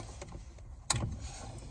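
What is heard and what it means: A plastic electrical connector is pulled off the cigarette lighter socket on a dashboard center console, with the console panel removed, in a junkyard. After faint handling noises, a sharp pop sounds at 0.9 s. The lighter wiring connector comes free and is unplugged.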